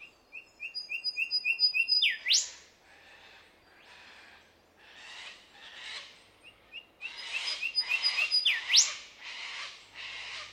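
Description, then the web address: Bird calls: a quick run of short, steady whistled notes, a sharp upward-sweeping note, then rough, breathy bursts. The run of whistles and the sweep repeat near the end. Australian bird of unidentified species. "Sound Effects-Foundation 1 BIRD AUSTRALIAN UNKNOWN SEQUENCE"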